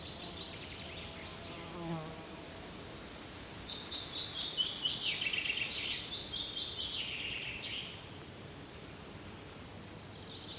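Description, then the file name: Common chaffinch song: one bright trill that falls in pitch before a short terminal flourish, with fainter other sounds earlier. "Fringilla coelebs"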